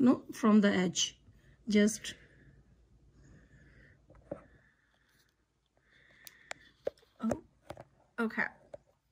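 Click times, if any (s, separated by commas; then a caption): none. A watch band is handled at the band slot of an Apple Watch Series 8 case while someone talks, with brief, faint handling ticks and taps in the quieter stretches between the speech. Nothing has seated or clicked into the slot yet by the end of the clip.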